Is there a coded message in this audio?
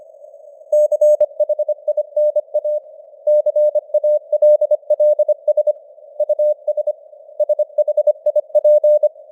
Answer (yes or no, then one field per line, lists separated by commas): yes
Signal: Morse code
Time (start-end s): 0.7-9.1 s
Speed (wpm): 25 wpm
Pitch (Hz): 600 Hz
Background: none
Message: CHINA CALLS US SHIP